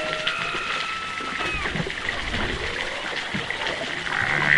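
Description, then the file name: Humpback whale song units heard underwater: drawn-out tonal moans and a falling sweep over a steady wash of choppy water noise. Recorded underwater, distant animal, off east Australia in August, with choppy water movement. "zapsplat animals whales humpback underwater distant east australia"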